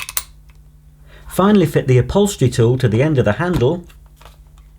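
The other end of the solution tube on a Numatic Henry Wash carpet cleaner is pushed onto the plastic spray trigger, and a sharp click at 0.2 s shows it locking into position. Someone then talks over a low, steady hum.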